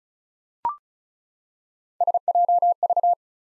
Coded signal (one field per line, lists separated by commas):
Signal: Morse code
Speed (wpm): 34 wpm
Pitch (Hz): 700 Hz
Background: none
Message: SJV